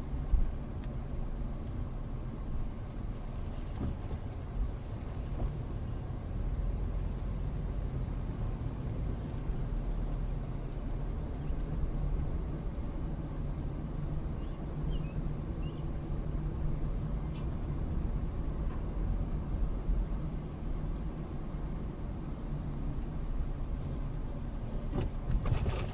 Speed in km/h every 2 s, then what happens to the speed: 13, 10, 8, 6, 15, 16, 18, 18, 19, 19, 18, 13, 11.
0-6 slows to 6. 6-9 speeds up to 16. 9-19 steady at about 18. 19-26 slows to 11.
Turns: 0-7.